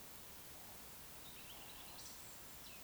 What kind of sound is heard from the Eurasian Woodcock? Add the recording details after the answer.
whistle, croak. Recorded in Baden-Württemberg, Germany, on 2 June 2020 at 19:55 UTC. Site 46190, 1214 m above sea level